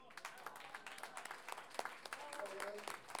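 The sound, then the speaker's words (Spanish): A crowd at a Día del Payador celebration applauds steadily for a few seconds for the president who signed the decree establishing the day, a dense patter of many hands clapping with sharper individual claps poking through, while faint voices murmur underneath. “Así que aplausos para la presidenta que firmó el decreto.”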